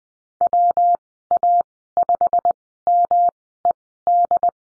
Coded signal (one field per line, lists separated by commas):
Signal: Morse code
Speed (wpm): 20 wpm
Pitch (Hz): 700 Hz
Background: none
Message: WA5MED